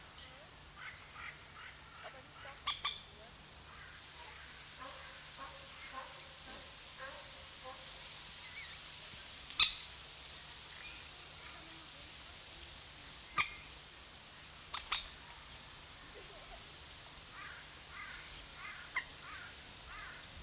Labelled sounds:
Common Moorhen (Gallinula chloropus) call
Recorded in captivity
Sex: female
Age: diverse
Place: Zoo Berlin, Berlin, DE
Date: 1993-08-28 11:35
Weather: 12-15°C, heiter
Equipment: Marantz CP 430, Sennheiser MKH 416 T, Kopie Uher Variocord 263
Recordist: Tembrock, Günter

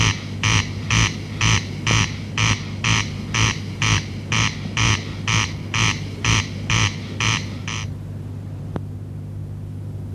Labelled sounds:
Corn Crake (Crex crex) song
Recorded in the wild
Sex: male
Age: adult
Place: Dobre Miasto, Warminsko-Mazurskie, PL
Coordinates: 54.04, 20.4844
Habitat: hollow within forest
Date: 1965-07-10 22:00
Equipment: Grundig TK 4, BG 20/6 - 19 cm/s
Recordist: Schubert, Michael

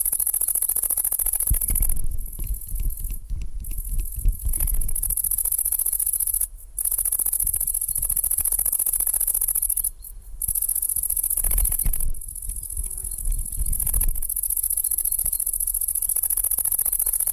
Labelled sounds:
Great Green Bush-cricket (Tettigonia viridissima) stridulation
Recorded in the wild
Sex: male
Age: imago
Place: Schildow, Kalktuffgelände am Tegeler Fließ (NSG Schildow), Berlin, DE
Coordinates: 52.64, 13.39
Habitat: Fließtal
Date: 1997-08-03 16:41
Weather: 24°C, bedeckt
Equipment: Sony MD-WM MZ-R3, Sennheiser ME 80, K 30 AV, Kopie Uher 4000 Report Monitor
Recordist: Tembrock, Günter

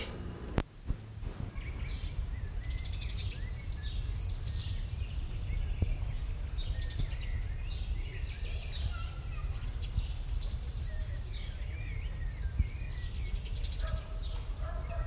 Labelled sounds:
European Serin (Serinus serinus) song
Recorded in the wild
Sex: male
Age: adult
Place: Mönchmühle, Brandenburg, DE
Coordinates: 52.65, 13.395
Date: 1975-05-11 10:15
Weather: hazy, ca. 18°C
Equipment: Uher CR 210, Sennheiser MD 421, Verstärker, Kopie Uher 4200
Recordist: Tembrock, Günter

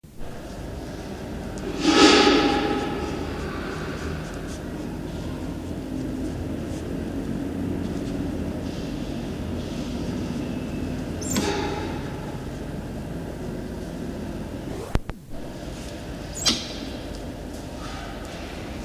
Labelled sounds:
White-nosed Coati (Nasua narica) call
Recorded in captivity
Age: adult
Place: Zoo Halle, Sachsen-Anhalt, DE
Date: 1973-10-11 17:00
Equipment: MK 125, Sennheiser MD 421, Verstärker, Kopie Uher 4200
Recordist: Tembrock, Günter
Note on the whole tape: Kurzlaute beim Umherlaufen. Abstand ca. 2 m

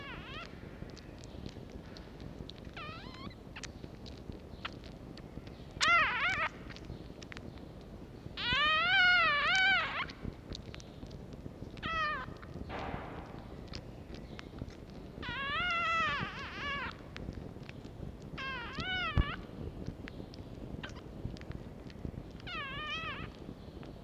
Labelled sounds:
Red Fox (Vulpes vulpes)
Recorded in captivity
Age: juvenile
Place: Zoologisches Institut der HUB, Berlin, DE
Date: 1952-04-21 11:50
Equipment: Elmetra
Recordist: Tembrock, Günter

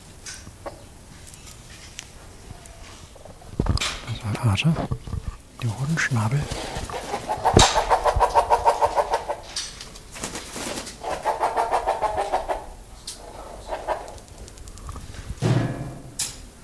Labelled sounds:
Von Der Decken's Hornbill (Tockus deckeni) call
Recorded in captivity
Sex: group
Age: diverse
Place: Zoo Berlin, Berlin, DE
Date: 2000-08-29 13:27
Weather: heiter, 21°C
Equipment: Nagra SN, Kopie Uher 4000 Report Monitor
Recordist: Tembrock, Günter

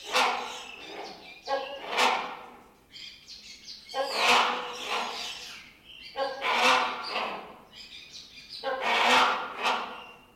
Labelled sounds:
Great Hornbill (Buceros bicornis)
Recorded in captivity
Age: adult
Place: Zoo Berlin, Berlin, DE
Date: 1992-04-04 10:21
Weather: bedeckt, 5-8°C
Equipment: Nagra SN, Mikrofon AKG CK 8, Kopie Tesla B 116
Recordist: Tembrock, Günter

